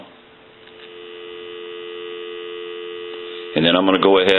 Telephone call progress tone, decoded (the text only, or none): dial tone